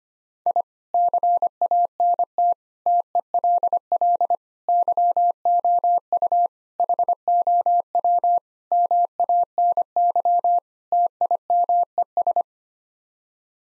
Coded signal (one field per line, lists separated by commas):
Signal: Morse code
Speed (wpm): 25 wpm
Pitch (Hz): 700 Hz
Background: none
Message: I CANT TELL YOU HOW MANY TIMES